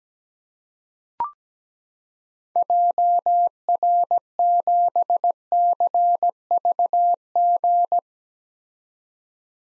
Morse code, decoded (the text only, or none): JR7CVG